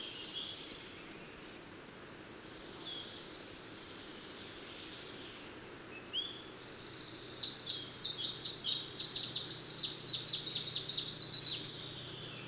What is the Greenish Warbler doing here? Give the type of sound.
song